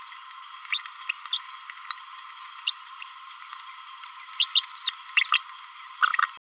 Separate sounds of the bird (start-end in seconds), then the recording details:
0.08-0.13, 0.72-0.80, 1.33-1.38, 1.91-1.94, 2.67-2.70, 4.40-4.44, 4.55-4.62, 4.86-4.89, 5.15-5.25, 5.32-5.37. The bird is a male. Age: 27 days. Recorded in a nest box in Venezuela. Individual 17B31A2